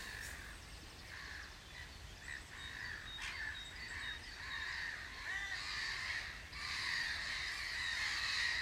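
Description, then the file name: Gulls giving rapid harsh cries and squeals, many birds overlapping, growing louder toward the end. "Möwe"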